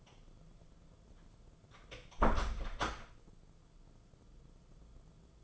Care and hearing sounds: daily activity, microphone in the room; close door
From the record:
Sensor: 5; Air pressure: 994.4 hPa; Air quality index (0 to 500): 185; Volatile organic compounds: 1000 ppm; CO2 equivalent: 5444 ppm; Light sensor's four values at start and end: 21/52/21/25 and 18/46/19/22

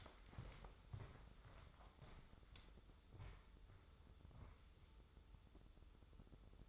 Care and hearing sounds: daily activity, microphone in the room; walk to room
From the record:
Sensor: 3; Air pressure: 995.7 hPa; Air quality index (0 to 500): 86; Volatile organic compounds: 8 ppm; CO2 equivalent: 2086 ppm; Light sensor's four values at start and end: 23/67/28/26 and 27/83/35/30

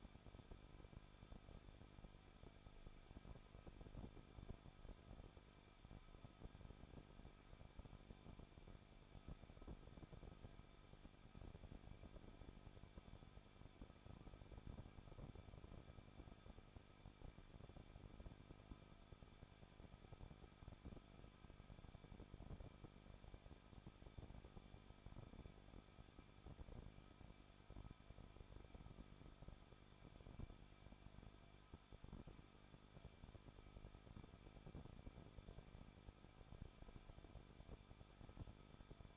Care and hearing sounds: daily activity, microphone in the room; no activity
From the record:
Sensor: 5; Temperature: 20.8 degrees Celsius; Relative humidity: 38.3%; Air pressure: 1006.5 hPa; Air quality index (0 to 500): 190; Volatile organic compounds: 20 ppm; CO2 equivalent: 2679 ppm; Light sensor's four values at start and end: 2/3/1/1 and 2/3/1/1

